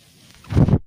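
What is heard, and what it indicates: A brief low, muffled whoosh rises and fades within half a second: a person's own home mechanical ventilator delivering a breath.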